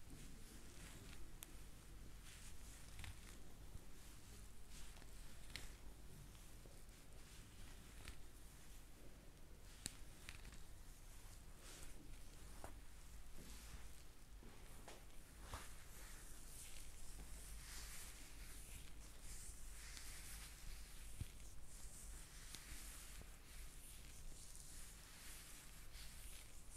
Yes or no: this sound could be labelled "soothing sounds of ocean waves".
no